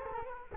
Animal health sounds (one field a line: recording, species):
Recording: mosquito wingbeat signal from an infrared sensor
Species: Culex quinquefasciatus